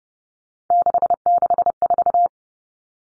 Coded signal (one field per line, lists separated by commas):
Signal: Morse code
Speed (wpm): 30 wpm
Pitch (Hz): 700 Hz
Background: none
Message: 664